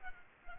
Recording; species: mosquito wingbeat signal from an infrared sensor; Culex pipiens